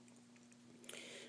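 An LCD flex cable connector on an iPhone 3G or 3GS is pressed onto its logic board socket while a faint steady hum runs underneath. A short, sharp snap comes at 0.9 s, followed by a brief rise in hiss. The connector is seated.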